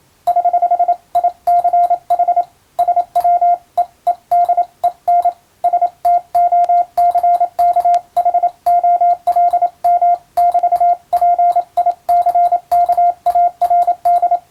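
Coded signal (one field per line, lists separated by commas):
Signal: Morse code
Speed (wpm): 27 wpm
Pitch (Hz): 700 Hz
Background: radio noise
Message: <HH>ICH SWE EDEN STOCKHOLM<BT>PICKARD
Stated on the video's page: Morse receiving practice in the style of radiotelegraph operator school training, using a European-language telegram sending practice book.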